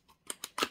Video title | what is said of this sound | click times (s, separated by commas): Solar motion sensor light with remote control. #diy | and push it up locks into place as you can see | 0.3 s, 0.4 s